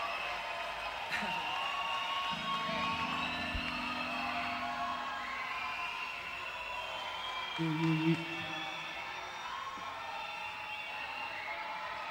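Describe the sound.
A festival crowd at Rototom in 2012 cheers and applauds a band in a steady, dense roar of clapping and voices, with a brief low tonal swell rising briefly out of the din about two-thirds of the way through.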